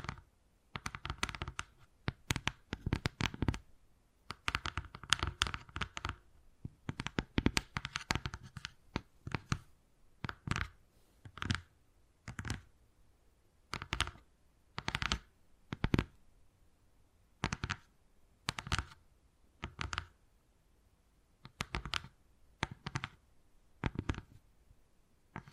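Wood carving with tapping and scratching: short, sharp scraping strokes come in quick bursts, clustered densely in the first ten seconds, then settling into a steadier rhythm of separate strokes about once a second. Each stroke is bright and gritty, with quiet gaps between.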